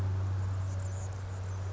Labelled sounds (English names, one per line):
Anna's Hummingbird